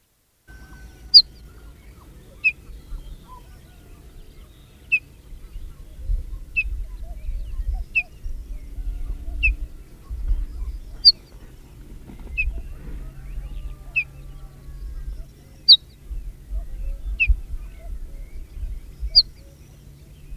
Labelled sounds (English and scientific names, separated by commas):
Ortolan Bunting (Emberiza hortulana) call